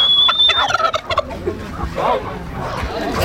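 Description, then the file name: Turkey gobbling in a brief rattling burst, with a thin high whistle at the start. "dindon"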